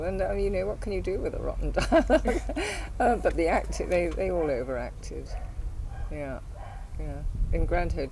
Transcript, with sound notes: And you know, what can you do with a rotten dialogue? [laughs] [Laughs] Aw but the acting, they all overacted. Yeah. In Grand Hotel.